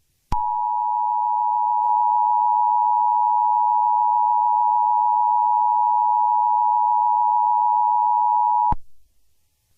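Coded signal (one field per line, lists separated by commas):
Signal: Emergency Alert System (SAME) tones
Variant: 853 and 960 Hz attention tone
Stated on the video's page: Fictional scenario remake.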